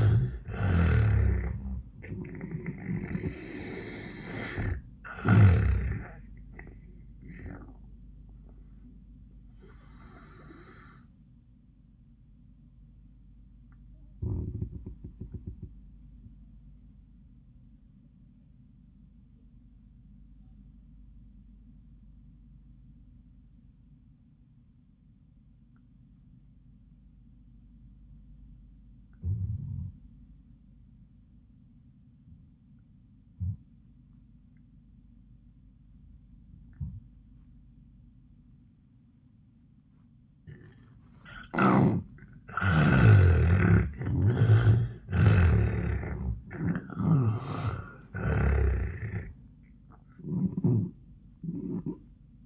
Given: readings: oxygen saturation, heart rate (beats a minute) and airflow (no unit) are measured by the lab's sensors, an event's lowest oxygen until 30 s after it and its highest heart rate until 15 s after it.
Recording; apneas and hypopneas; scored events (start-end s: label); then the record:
breathing in sleep by a smartphone at the bedside; 1
7.00-52.46 s: new sleep stage, N1 (lightest sleep)
8.00-41.60 s: hypopnea (N1, oxygen 97% highest, then 79% lowest, heart rate 93 at the start, 101 highest)
From the record:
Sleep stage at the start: N2 (light sleep); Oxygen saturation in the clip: 79 to 97%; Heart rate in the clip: 74 to 96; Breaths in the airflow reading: 5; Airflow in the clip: -34.8 to 14.7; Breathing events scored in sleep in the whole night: 400 in 8.7 hours asleep